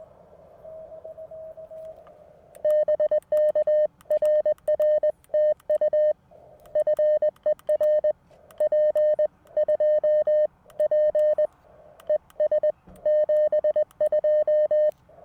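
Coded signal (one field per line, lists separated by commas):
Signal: Morse code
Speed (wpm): 20 wpm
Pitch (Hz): 610 Hz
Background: none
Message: BK RR TU FER P2P ES 72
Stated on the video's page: Parks on the Air activation from a car at a beach state park: LNR Precision MTR4B V2.3 with CW Morse iambic key, roof-mounted 17-foot whip, captured with a digital recorder.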